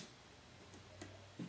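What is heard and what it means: A microSD card is slid contacts-down into the spring-loaded card slot of a Galaxy S4 smartphone and pushed in. Two short, bright clicks sound at 0.7 s and 1.0 s, and a duller low thump follows around 1.4 s. The card clicks home and is seated.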